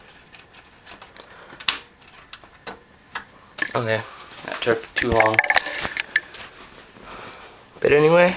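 A memory module is pressed into a motherboard slot after a long struggle, and its previously unseated side finally snaps home with a loud click at 1.7 seconds. Scattered small handling taps follow, and someone talks.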